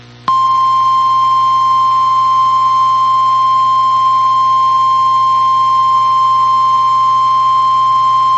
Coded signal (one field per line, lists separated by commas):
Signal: Emergency Alert System (SAME) tones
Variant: 1050 Hz attention tone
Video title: Severe Thunderstorm Warning (Wise, Denton, Cooke Counties, TX) (3/29/25) [EAS #99]